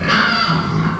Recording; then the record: squeal of a Yucatan mini pig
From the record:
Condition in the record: after surgery on the right vocal fold (resection and tissue-engineered implant); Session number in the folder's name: 15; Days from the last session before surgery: 175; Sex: female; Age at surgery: 19 weeks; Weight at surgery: 25 kg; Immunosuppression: prednisolone